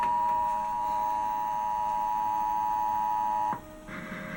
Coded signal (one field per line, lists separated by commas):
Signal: Emergency Alert System (SAME) tones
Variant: 853 and 960 Hz attention tone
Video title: KS Statewide Tornado Drill 2016 EAS